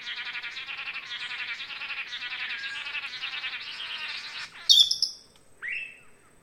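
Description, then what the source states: Blue-backed manakins giving rapid nasal buzzy calls in a steady chorus, followed by a sharp high note and a single slurred note. Several birds calling together.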